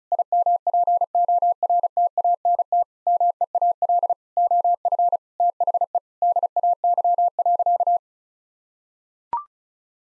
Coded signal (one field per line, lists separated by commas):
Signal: Morse code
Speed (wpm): 36 wpm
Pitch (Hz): 700 Hz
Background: none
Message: IMPORTANT MEAL OF THE DAY.